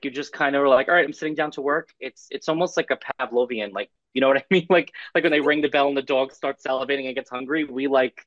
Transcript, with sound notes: So, like, you just kinda are like, "All right, I'm sitting down to work." It's, it's almost like a Pavlovian, like, you know what I mean? (laughs) Like, like when they ring the bell and the dog starts salivating and gets hungry. We, like-